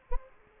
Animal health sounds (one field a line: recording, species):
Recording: mosquito wingbeat signal from an infrared sensor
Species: Aedes albopictus